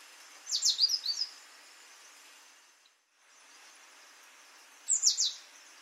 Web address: SETE Parus major